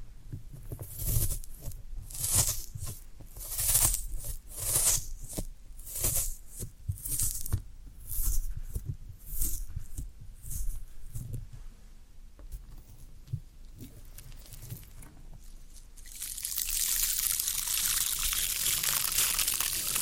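Floral foam is handled in a run of soft, crumbly crunches and squeaks, coming roughly every half second through the first twelve seconds with some quiet low thumps. The bursts then thin out, and from about sixteen seconds a steady bright hiss takes over.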